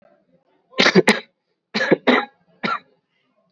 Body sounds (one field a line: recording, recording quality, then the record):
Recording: heavy voluntary cough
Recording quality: excellent, no background noise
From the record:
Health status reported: COVID-19 positive, mild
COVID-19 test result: positive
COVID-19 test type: RT-PCR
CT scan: not taken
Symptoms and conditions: fever, fatigue, muscle pain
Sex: male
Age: 27 years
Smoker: no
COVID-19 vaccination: both doses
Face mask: worn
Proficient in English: yes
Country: India